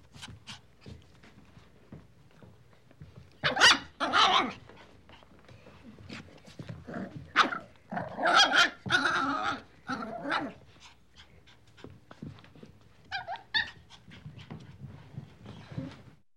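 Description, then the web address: Dog: puppy barking and growling in short playful bursts, sharp yaps clustered around the middle with quieter grumbles and pauses between. "dog puppy barking and growling playful animal"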